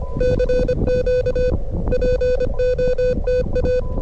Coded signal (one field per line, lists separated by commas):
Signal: Morse code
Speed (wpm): 25 wpm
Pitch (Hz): 500 Hz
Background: music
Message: CQ POTA